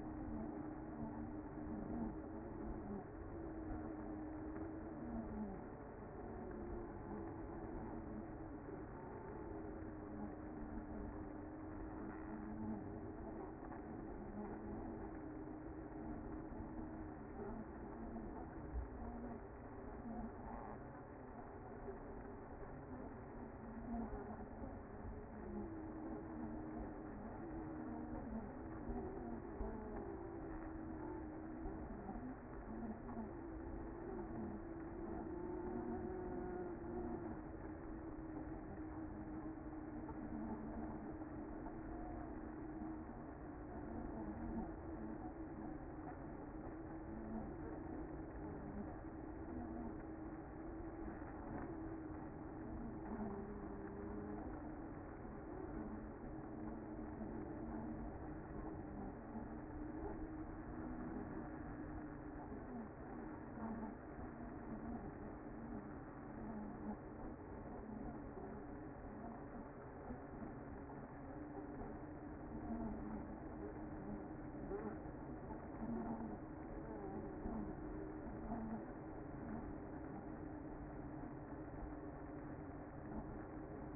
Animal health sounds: honeybee colony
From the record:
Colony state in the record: active

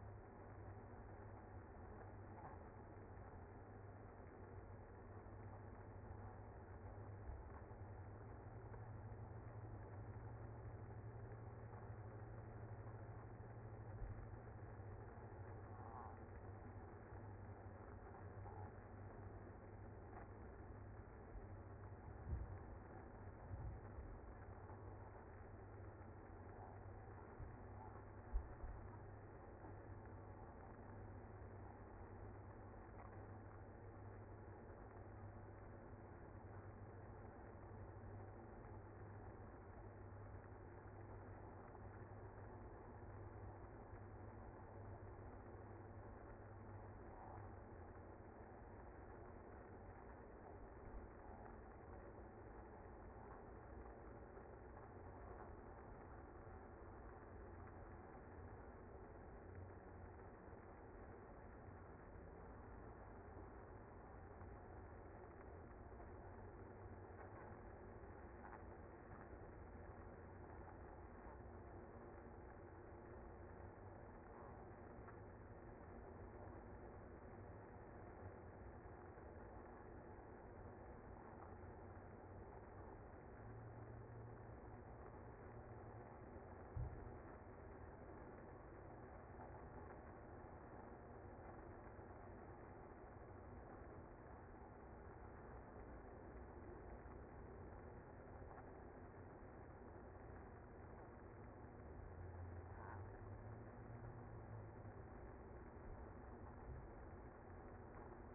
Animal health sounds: honeybee colony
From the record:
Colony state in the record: active

